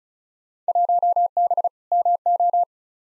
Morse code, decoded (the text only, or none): 1B MO